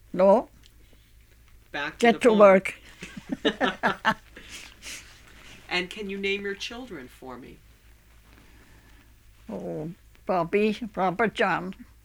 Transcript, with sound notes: No.
Back to the farm?
Get to work. (they laugh)
And can you name your children for me?
Oh, Bobby, Robert John.